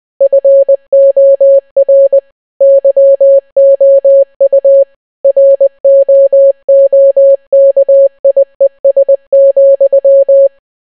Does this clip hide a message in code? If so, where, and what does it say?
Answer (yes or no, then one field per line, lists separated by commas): yes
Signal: Morse code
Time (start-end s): 0.2-10.5 s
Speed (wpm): 20 wpm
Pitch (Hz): 550 Hz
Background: none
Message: FOR YOU ROOKIES,